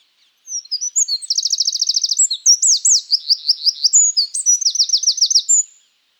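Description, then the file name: Eurasian wren song: a fast, high, vigorous burst of sharp notes and rapid rattling trills, running for about five seconds without a break. "Troglodytes troglodytes"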